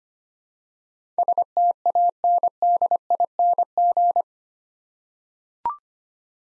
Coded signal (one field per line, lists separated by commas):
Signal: Morse code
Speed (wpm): 25 wpm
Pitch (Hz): 700 Hz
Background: none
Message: STANDING